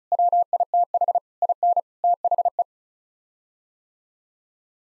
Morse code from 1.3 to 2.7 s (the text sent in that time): IN THE